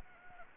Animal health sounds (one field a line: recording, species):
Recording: mosquito wingbeat signal from an infrared sensor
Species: Anopheles gambiae